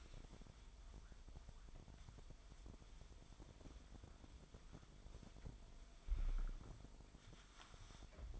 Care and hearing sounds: daily activity, microphone in the room; wipe stove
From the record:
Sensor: 5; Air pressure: 1003.4 hPa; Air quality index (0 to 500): 141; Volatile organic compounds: 2 ppm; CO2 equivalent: 1028 ppm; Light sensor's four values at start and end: 32/73/32/37 and 33/74/33/38

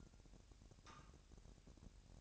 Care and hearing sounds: daily activity, microphone in the room; take from stove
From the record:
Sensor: 2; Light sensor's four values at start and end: 69/164/68/65 and 69/164/68/65

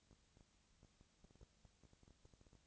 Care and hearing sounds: daily activity, microphone in the room; no activity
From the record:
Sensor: 3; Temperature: 20.4 degrees Celsius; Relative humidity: 34.4%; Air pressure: 997.0 hPa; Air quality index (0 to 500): 205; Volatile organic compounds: 68 ppm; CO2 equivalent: 3503 ppm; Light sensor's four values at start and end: 2/3/2/2 and 2/3/2/2

